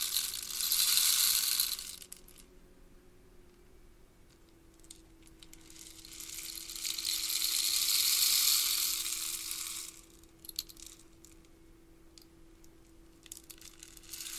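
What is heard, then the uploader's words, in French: A rain stick is tipped and its pellets pour through in a dense, bright rattle, rising to a first wash near the start and a longer swell around eight seconds. Between pours, scattered ticks fall sparsely, over a faint steady hum. Pause sonore #3 : Bâton de pluie.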